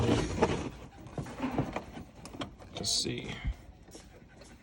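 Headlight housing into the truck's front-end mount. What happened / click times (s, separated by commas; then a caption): The housing is being handled but has not locked in yet / none. Someone talks while handling the plastic headlight housing of a 2016 Ram 1500, working it down toward the truck's front-end mount, with light knocks and rustles at about 1.2, 1.6, 1.8, 2.3, 2.4 and 2.8 seconds. The housing has not seated or locked into place yet.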